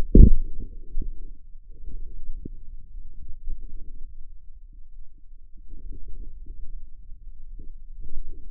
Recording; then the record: forearm muscle sounds (acoustic myography)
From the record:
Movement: outward rotation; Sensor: system 2, bracelet of six BSWA MPA416 microphones around the upper forearm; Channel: 5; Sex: male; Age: 22 years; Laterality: right